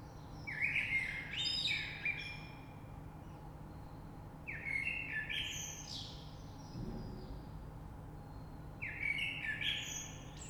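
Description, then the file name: Common blackbird delivering three warbled phrases, each opening with fluty notes and closing in a squeaky twittering tail, about four seconds apart; a brief low thud midway. Recorded 3 March 2020. "Rush Merle"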